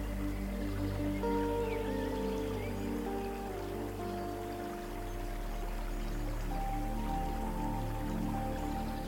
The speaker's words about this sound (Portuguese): Há flores de todas as cores, borboletas voam devagar e o som suave de um riacho acompanha seus passos.